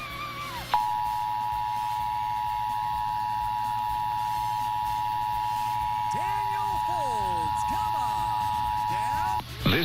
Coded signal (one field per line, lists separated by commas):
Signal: Emergency Alert System (SAME) tones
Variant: 853 and 960 Hz attention tone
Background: speech, music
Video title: Utah EAS Required Monthly Test - KUTV/KSL-TV/KMYU/KSTU, 5/14/2021